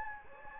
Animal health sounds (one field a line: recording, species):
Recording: mosquito wingbeat signal from an infrared sensor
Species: Anopheles gambiae